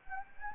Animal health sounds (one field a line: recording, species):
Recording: mosquito wingbeat signal from an infrared sensor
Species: Anopheles gambiae